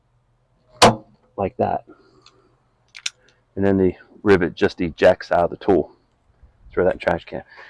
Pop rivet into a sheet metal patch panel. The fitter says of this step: it kind of re-grabs the rivet every time you pump it, and then you'll hear a pop, like that.